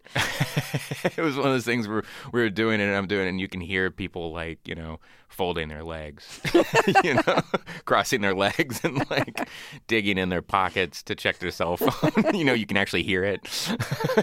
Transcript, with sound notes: It was one of those things where we were doing it, and I'm doing it, and you can hear people, like, you know, folding their legs...
(LAUGHTER)
...You know, crossing their legs and, like, digging in their pockets to check their cellphone. You know, you can actually hear it.